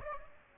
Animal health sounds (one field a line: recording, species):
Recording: mosquito wingbeat signal from an infrared sensor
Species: Aedes aegypti